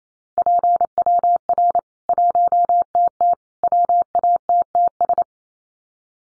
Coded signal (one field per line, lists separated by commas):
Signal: Morse code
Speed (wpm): 28 wpm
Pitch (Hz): 700 Hz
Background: none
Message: PWR 1TT WATTS